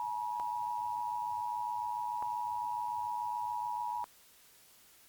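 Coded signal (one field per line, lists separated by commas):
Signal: Emergency Alert System (SAME) tones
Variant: 853 and 960 Hz attention tone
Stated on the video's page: Fictional scenario short film using valid tones and text-to-speech voices.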